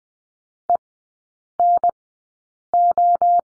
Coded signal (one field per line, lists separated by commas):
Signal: Morse code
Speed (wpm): 20 wpm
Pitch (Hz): 700 Hz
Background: none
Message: ENO